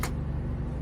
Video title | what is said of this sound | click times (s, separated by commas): How to Easily Use the BradLock for Restroom Accessories | and to lock it, simply put it back in place, remove the key, and you'll hear the click, | 0.0 s